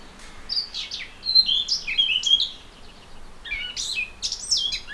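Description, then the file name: Eurasian blackcap song, a bright, hurried warble of slurred whistles and chattering notes in two phrases. "Sylvia atricapilla"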